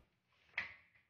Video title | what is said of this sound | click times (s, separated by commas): QuickSmart 3-in-1 Play Yard Instructions | pull the crossbar upward diagonally until you hear a click | 0.6 s